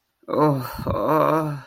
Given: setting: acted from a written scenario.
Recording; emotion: vocal sound without words; shame